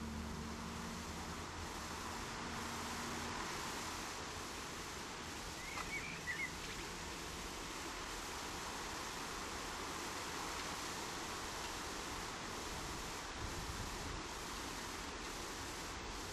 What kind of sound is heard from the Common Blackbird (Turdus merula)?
song